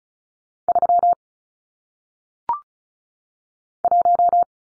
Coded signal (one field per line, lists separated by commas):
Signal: Morse code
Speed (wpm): 36 wpm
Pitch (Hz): 700 Hz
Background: none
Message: 3 1